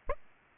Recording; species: mosquito wingbeat signal from an infrared sensor; Aedes aegypti